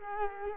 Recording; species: mosquito wingbeat signal from an infrared sensor; Culex quinquefasciatus